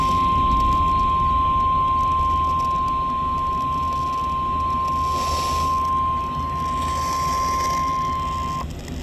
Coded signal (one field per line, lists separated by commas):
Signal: Emergency Alert System (SAME) tones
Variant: 1050 Hz attention tone